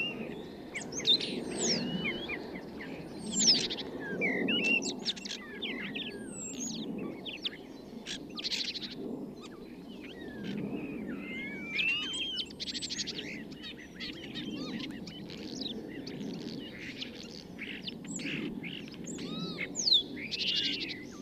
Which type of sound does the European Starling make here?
song